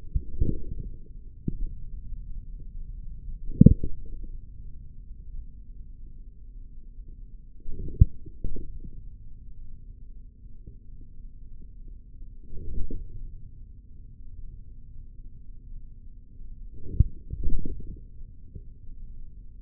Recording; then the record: forearm muscle sounds (acoustic myography)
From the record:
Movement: forearm pronation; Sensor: system 3, bracelet of six PUI Audio POM-2738L microphones around the upper forearm, with dedicated amplification and filtering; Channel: 5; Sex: male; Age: 43 years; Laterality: right